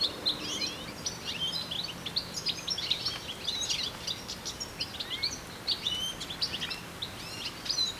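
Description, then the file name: European goldfinch twittering: a dense, fast run of tinkling, buzzy high notes that continues without break across the whole stretch, over a soft background hiss. "Carduelis carduelis"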